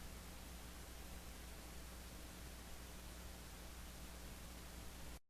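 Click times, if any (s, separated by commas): none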